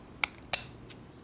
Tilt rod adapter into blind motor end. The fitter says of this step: they will click right in there so